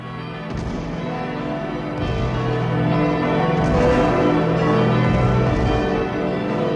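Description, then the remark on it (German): Bells ring together in celebration in a dense, sustained peal, fresh strikes every second or so adding to a loud, humming wash of overlapping tones with no voices. “Unter Glockengeläut und Kanonendonner wurden die Gesandten des Mars in allen Hauptstädten Europas jubelnd begrüßt.”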